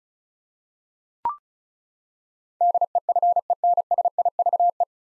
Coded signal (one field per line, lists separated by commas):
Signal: Morse code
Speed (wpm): 36 wpm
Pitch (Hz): 700 Hz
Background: none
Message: DEFENSIVE